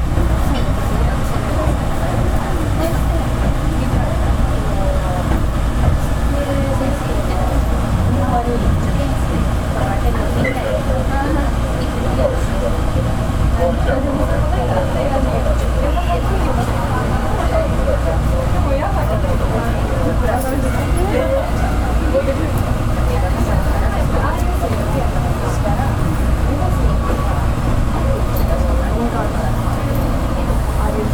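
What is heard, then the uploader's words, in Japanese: Running sound of a Hankyu Railway 3100 series train on the Itami Line: a steady, heavy low rumble fills all thirty seconds at an even level. Busy chatter of voices and small rattles sits above it throughout, with no clear stops or peaks. 阪急電鉄 3100系の走行音です。収録区間は伊丹線。伊丹から塚口までです。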